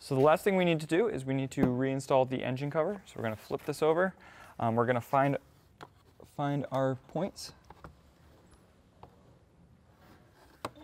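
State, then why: Seated. On a 2018–2021 Volkswagen Tiguan, the plastic engine cover is flipped over and lined up with its ball mounting points on the engine while someone talks. After a few faint handling ticks, the cover is pressed down softly and snaps into place with a sharp click at 10.7 s, seating it on its mounts.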